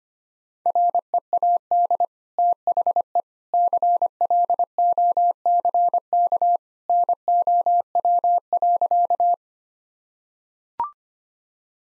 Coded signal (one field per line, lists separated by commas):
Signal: Morse code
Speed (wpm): 25 wpm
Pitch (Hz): 700 Hz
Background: none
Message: READ THE CLOCK NOW.